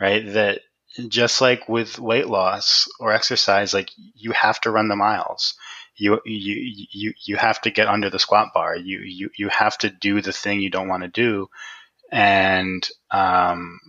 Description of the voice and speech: Stuttering Recklessly: Doing the Hard Work of Change. The importance of being open with stuttering.